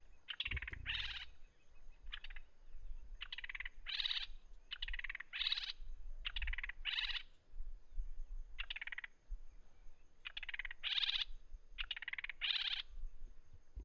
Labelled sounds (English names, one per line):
White-browed Robin-Chat